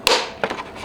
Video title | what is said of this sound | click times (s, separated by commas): How good is the Hobart Creator auto darkening helmet? | locks off right there | 0.1 s